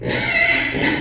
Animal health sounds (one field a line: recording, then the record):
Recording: squeal of a Yucatan mini pig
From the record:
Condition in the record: before surgery on the right vocal fold (resection and tissue-engineered implant)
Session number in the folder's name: 2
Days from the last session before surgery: 0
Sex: male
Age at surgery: 12 weeks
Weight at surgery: 13 kg